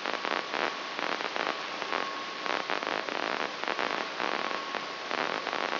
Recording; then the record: brain microelectrode recording played as sound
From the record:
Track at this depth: outside the subthalamic nucleus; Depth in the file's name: 8.904 mm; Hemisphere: left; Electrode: 3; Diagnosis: Parkinson's disease